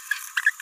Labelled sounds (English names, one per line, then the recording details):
Green-rumped Parrotlet babbling
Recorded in a nest box in Venezuela
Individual 18B17A4